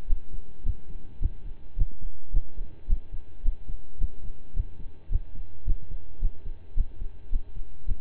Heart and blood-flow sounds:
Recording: heart sounds by stethoscope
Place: between the tricuspid and mitral areas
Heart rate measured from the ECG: 108 bpm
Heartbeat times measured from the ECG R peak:
0.07 s: heartbeat
0.63 s: heartbeat
1.19 s: heartbeat
1.75 s: heartbeat
2.31 s: heartbeat
2.86 s: heartbeat
3.42 s: heartbeat
3.98 s: heartbeat
4.53 s: heartbeat
5.09 s: heartbeat
5.64 s: heartbeat
6.19 s: heartbeat
6.74 s: heartbeat
7.29 s: heartbeat
7.85 s: heartbeat
From the record:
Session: slow and fast walking with breaks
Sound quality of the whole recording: saturated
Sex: male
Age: 25 years

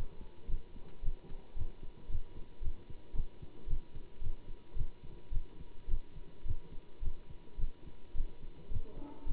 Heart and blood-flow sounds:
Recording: heart sounds by stethoscope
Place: between the tricuspid and mitral areas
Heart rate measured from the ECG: 109 bpm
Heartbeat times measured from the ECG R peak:
0.48 s: heartbeat
1.02 s: heartbeat
1.55 s: heartbeat
2.08 s: heartbeat
2.61 s: heartbeat
3.14 s: heartbeat
3.67 s: heartbeat
4.20 s: heartbeat
4.75 s: heartbeat
5.31 s: heartbeat
5.88 s: heartbeat
6.44 s: heartbeat
7.01 s: heartbeat
7.58 s: heartbeat
8.14 s: heartbeat
8.70 s: heartbeat
9.25 s: heartbeat
From the record:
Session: Bruce protocol treadmill stress test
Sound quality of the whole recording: good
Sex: male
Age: 25 years

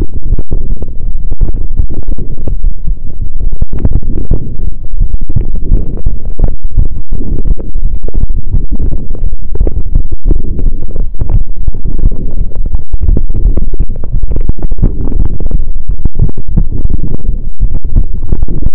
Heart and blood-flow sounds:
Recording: heart sounds by stethoscope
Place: between the tricuspid and mitral areas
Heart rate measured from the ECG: 170 bpm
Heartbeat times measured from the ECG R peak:
0.32 s: heartbeat
0.69 s: heartbeat
1.05 s: heartbeat
1.41 s: heartbeat
1.77 s: heartbeat
2.14 s: heartbeat
2.50 s: heartbeat
2.86 s: heartbeat
3.22 s: heartbeat
3.58 s: heartbeat
3.94 s: heartbeat
4.30 s: heartbeat
4.65 s: heartbeat
5.01 s: heartbeat
5.36 s: heartbeat
5.72 s: heartbeat
6.07 s: heartbeat
6.42 s: heartbeat
6.78 s: heartbeat
7.13 s: heartbeat
7.48 s: heartbeat
7.83 s: heartbeat
8.18 s: heartbeat
8.54 s: heartbeat
8.89 s: heartbeat
9.24 s: heartbeat
9.59 s: heartbeat
9.94 s: heartbeat
10.29 s: heartbeat
10.64 s: heartbeat
10.99 s: heartbeat
11.34 s: heartbeat
11.69 s: heartbeat
12.04 s: heartbeat
12.39 s: heartbeat
12.73 s: heartbeat
13.08 s: heartbeat
13.43 s: heartbeat
13.78 s: heartbeat
14.13 s: heartbeat
14.47 s: heartbeat
14.82 s: heartbeat
15.18 s: heartbeat
15.52 s: heartbeat
15.87 s: heartbeat
16.22 s: heartbeat
16.57 s: heartbeat
16.92 s: heartbeat
17.27 s: heartbeat
17.61 s: heartbeat
17.96 s: heartbeat
18.31 s: heartbeat
18.65 s: heartbeat
From the record:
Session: pedaling a stationary bicycle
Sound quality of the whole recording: saturated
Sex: male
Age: 23 years

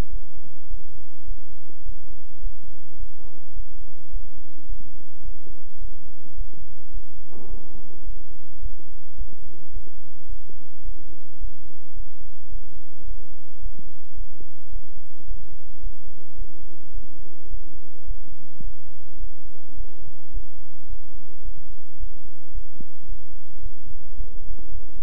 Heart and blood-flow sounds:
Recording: heart sounds by stethoscope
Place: between the tricuspid and mitral areas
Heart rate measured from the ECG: 107 bpm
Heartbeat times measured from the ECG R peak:
0.10 s: heartbeat
0.68 s: heartbeat
1.25 s: heartbeat
1.83 s: heartbeat
2.41 s: heartbeat
2.97 s: heartbeat
3.54 s: heartbeat
4.10 s: heartbeat
4.67 s: heartbeat
5.23 s: heartbeat
5.79 s: heartbeat
6.35 s: heartbeat
6.91 s: heartbeat
7.48 s: heartbeat
8.04 s: heartbeat
8.60 s: heartbeat
9.15 s: heartbeat
9.71 s: heartbeat
10.27 s: heartbeat
10.83 s: heartbeat
11.38 s: heartbeat
11.94 s: heartbeat
12.49 s: heartbeat
13.05 s: heartbeat
13.60 s: heartbeat
14.15 s: heartbeat
14.70 s: heartbeat
15.25 s: heartbeat
15.80 s: heartbeat
16.36 s: heartbeat
16.92 s: heartbeat
17.48 s: heartbeat
18.05 s: heartbeat
18.61 s: heartbeat
19.18 s: heartbeat
19.75 s: heartbeat
20.31 s: heartbeat
20.87 s: heartbeat
21.42 s: heartbeat
21.98 s: heartbeat
22.52 s: heartbeat
23.06 s: heartbeat
23.60 s: heartbeat
24.15 s: heartbeat
24.69 s: heartbeat
From the record:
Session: bicycle stress test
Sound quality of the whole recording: good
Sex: male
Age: 26 years

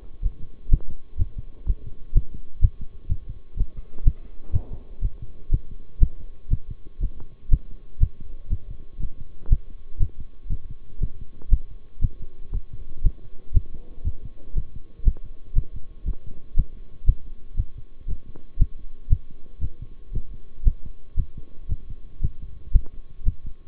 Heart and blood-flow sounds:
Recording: heart sounds by stethoscope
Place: between the tricuspid and mitral areas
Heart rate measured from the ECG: 120 bpm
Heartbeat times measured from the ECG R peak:
0.23 s: heartbeat
0.71 s: heartbeat
1.19 s: heartbeat
1.67 s: heartbeat
2.15 s: heartbeat
2.62 s: heartbeat
3.09 s: heartbeat
3.57 s: heartbeat
4.05 s: heartbeat
4.53 s: heartbeat
5.02 s: heartbeat
5.51 s: heartbeat
6.01 s: heartbeat
6.51 s: heartbeat
7.01 s: heartbeat
7.51 s: heartbeat
8.00 s: heartbeat
8.50 s: heartbeat
9.00 s: heartbeat
9.50 s: heartbeat
10.00 s: heartbeat
10.50 s: heartbeat
11.01 s: heartbeat
11.51 s: heartbeat
12.02 s: heartbeat
12.53 s: heartbeat
13.04 s: heartbeat
13.54 s: heartbeat
14.05 s: heartbeat
14.55 s: heartbeat
15.05 s: heartbeat
15.56 s: heartbeat
16.06 s: heartbeat
16.56 s: heartbeat
17.07 s: heartbeat
17.57 s: heartbeat
18.08 s: heartbeat
18.59 s: heartbeat
19.10 s: heartbeat
19.61 s: heartbeat
20.13 s: heartbeat
20.65 s: heartbeat
21.17 s: heartbeat
21.69 s: heartbeat
22.22 s: heartbeat
22.73 s: heartbeat
23.26 s: heartbeat
From the record:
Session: bicycle stress test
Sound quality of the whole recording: good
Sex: male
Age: 23 years

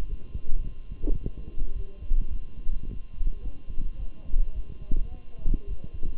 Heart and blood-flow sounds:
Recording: heart sounds by stethoscope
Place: between the tricuspid and mitral areas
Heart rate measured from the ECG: 107 bpm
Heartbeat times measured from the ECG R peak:
0.07 s: heartbeat
0.63 s: heartbeat
1.19 s: heartbeat
1.74 s: heartbeat
2.29 s: heartbeat
2.85 s: heartbeat
3.42 s: heartbeat
3.97 s: heartbeat
4.53 s: heartbeat
5.10 s: heartbeat
5.66 s: heartbeat
From the record:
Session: walking at 3.7 km/h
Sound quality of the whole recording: good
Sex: male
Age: 23 years

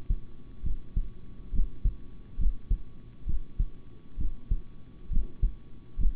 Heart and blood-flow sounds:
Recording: heart sounds by stethoscope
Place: between the tricuspid and mitral areas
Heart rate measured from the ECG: 67 bpm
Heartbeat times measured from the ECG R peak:
0.63 s: heartbeat
1.52 s: heartbeat
2.37 s: heartbeat
3.26 s: heartbeat
4.17 s: heartbeat
5.09 s: heartbeat
5.97 s: heartbeat
From the record:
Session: rest, sitting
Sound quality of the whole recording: good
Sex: male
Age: 26 years

